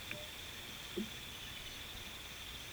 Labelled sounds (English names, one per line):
none